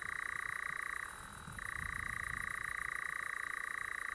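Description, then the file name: European nightjar churring song: a continuous, rapid mechanical trill that briefly falters and shifts pitch about a second in, then resumes steadily to the end. "chant engoulevent deurope credit krzysztof stasiak"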